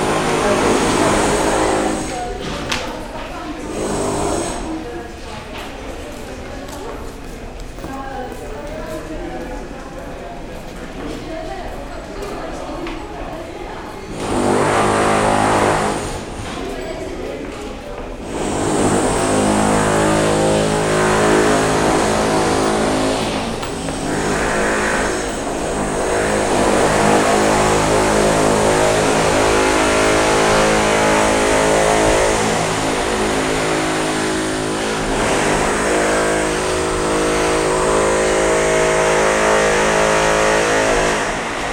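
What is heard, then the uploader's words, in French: Renovation work on a footbridge, with a constant engine-like drone of machinery running throughout. Voices come and go over it, and around 15 and 18 seconds louder grinding bursts break in before the noise thickens and stays dense to the end. Travaux de rénovation de la passerelle sud. Massy.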